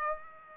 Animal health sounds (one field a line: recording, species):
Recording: mosquito wingbeat signal from an infrared sensor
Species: Aedes aegypti